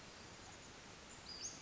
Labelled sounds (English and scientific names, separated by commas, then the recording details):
Western Flycatcher (Empidonax difficilis)
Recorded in Sonoma County, California